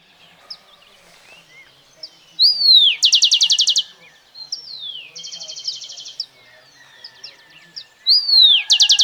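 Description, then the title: Black-crested warbler giving three songs, each a swooping downslurred whistle into a quick buzzy trill, the middle one softer and the last cut short, with scattered faint chirps. "Myiothlypis Nigrocristata"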